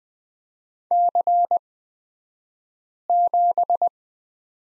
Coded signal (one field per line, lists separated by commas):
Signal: Morse code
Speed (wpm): 20 wpm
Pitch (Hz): 700 Hz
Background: none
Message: C7